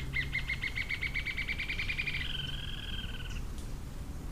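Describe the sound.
Green-tailed jacamar calling: a steady run of high notes that merges into a smooth trill before stopping, over a low steady background hum.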